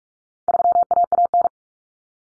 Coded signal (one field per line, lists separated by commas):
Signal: Morse code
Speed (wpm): 44 wpm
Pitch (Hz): 700 Hz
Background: none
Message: 3AAN